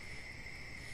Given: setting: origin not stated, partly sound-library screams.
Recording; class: one-second piece from a danger detection set; normal situation